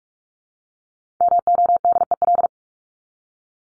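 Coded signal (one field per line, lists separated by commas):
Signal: Morse code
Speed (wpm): 44 wpm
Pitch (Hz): 700 Hz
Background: none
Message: MODEL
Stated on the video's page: Morse practice drill of words ranked 501 to 750 at 45 wpm, each word sent twice.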